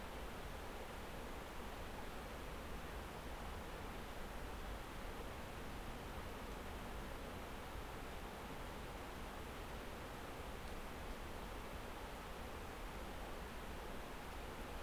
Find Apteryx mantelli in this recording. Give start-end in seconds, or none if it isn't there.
none